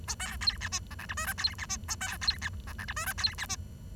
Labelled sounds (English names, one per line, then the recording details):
Bengalese Finch song
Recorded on 23 June 2012 at 07:52
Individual gr41rd51